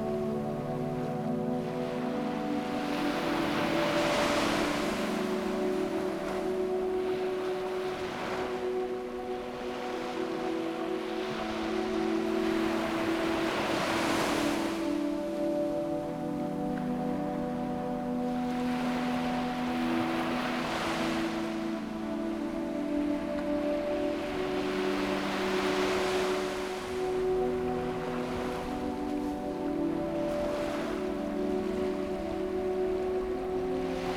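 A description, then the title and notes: Soft waves wash in about every five seconds, each swell rising to a bright hiss and fading away. Beneath them, slow, sustained music holds long tones in the low and middle range. The level stays even throughout. Tranquil Waves and Music.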